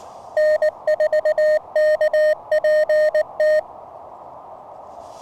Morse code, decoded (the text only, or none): N4KPT